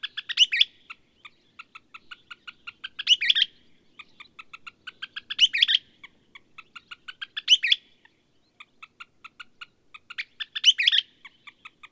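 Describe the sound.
Bird song, strings of evenly spaced clicking notes punctuated by loud, jumbled bursts of chirps, five in all.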